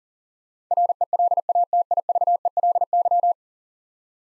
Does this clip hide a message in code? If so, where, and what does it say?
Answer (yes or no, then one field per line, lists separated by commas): yes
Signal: Morse code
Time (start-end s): 0.7-3.3 s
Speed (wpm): 40 wpm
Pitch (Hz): 700 Hz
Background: none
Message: RELATIVELY